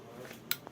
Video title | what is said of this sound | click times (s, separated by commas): kompakt sistem bataryası montaj anlatım videosu anpa yapı & ankarsan yapı malzemeleri | Şimdi bunu bir kere çevirdin Çıt etti ya | 0.5 s